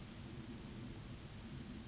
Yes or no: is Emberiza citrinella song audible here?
yes